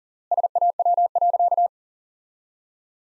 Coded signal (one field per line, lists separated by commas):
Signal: Morse code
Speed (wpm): 37 wpm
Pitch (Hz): 700 Hz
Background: none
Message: SAW.